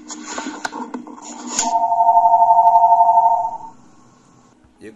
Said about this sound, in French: Je crois que le téléphone sonne chez la sœur,